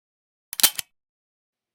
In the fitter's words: and you'll hear a distinct click when it goes on properly